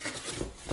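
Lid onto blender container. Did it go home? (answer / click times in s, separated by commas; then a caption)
no / none. A lid is pressed onto the plastic container of a 2017 Waring MX1200XTX Commercial Xtreme blender. Soft, broadband rubbing and handling noise swells slightly around 0.4 s and again near 0.7 s. The clip ends before the lid goes home, and nothing has seated or clicked yet.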